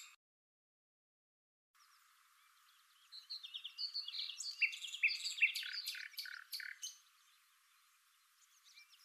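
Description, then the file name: Common nightingale song phrase after a quiet start: soft notes building into a rapid series of loud, sharp chirps and clicks, then quiet again. "Luscinia megarhynchos"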